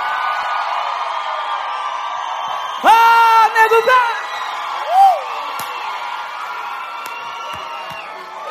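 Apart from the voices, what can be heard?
audience applause and cheering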